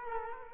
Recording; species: mosquito wingbeat signal from an infrared sensor; Culex quinquefasciatus